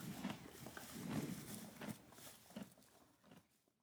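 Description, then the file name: Horse chewing feed: a few loud crunchy bites early on, then softer grinding that fades to quiet by the end. "horse feeding"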